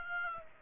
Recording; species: mosquito wingbeat signal from an infrared sensor; Aedes aegypti